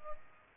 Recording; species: mosquito wingbeat signal from an infrared sensor; Aedes aegypti